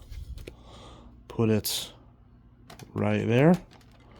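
A plastic vacuum wand for a Dyson DC17 Asthma+Allergy is handled and lined up with the hose handle while someone talks, with a few soft taps and knocks in between. Nothing has seated or clicked into place yet.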